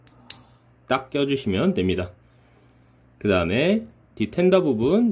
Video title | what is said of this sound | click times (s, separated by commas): TF MASTERPIECE MOVIE SERIES MPM-9 JAZZ REVIEW,SCALE,TRANSFORM | 안쪽 안쪽에 보이는 조인트 부분의 여기 뒤에 아까 트렁크 부분 p 딱 | 0.3 s